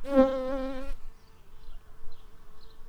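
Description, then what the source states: Shrill carder bee buzz: a strong, low, harmonic drone for about a second, then a fainter steady hum continuing to the end. Workers.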